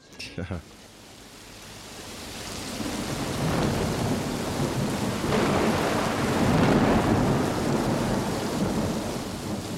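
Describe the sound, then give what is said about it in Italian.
Heavy rain pours steadily in a dense, unbroken hiss with a deep rumbling undertone, swelling gradually louder after a short sharp burst at the very start. “La pioggia, caduta copiosamente negli ultimi giorni, li ha fiaccati.”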